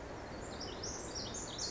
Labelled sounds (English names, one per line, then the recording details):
Pacific Wren
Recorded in Sonoma County, California